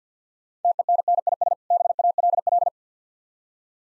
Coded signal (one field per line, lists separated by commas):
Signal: Morse code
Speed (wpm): 50 wpm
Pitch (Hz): 700 Hz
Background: none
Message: TENNIS BALL